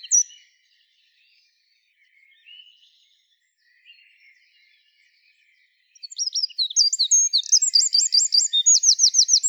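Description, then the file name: Eurasian wren song: a few scattered chirps, then a loud, rapid, high-pitched run of warbled notes and trills over the last few seconds. "Troglodytes troglodytes"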